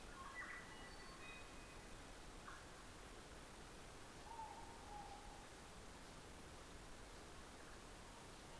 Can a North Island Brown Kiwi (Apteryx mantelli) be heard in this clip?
no